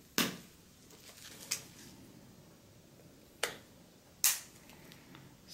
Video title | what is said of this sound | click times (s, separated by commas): DIY: Nexus 4 battery cover replacement | snaps back in easy as pie | 0.2 s, 1.5 s, 3.4 s, 4.2 s